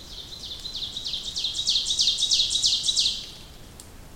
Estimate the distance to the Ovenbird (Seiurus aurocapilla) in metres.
about 25 m